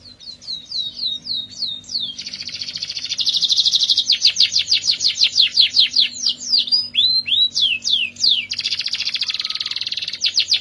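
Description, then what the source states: Canary song: a string of downslurred whistles leads into a loud rolling trill, then quick swooping notes and another dense buzzy trill near the end. Therapy recording for a canary that has stopped singing; F1 canary.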